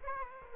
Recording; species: mosquito wingbeat signal from an infrared sensor; Aedes aegypti